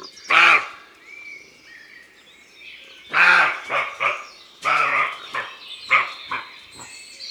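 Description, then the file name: Roe deer barking in a loose series: one hoarse bark, a pause, then several shorter rough barks of uneven length and spacing. Recorded in a forest. "Imagier Chevreuil Un jour dans la foret"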